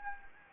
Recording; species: mosquito wingbeat signal from an infrared sensor; Anopheles gambiae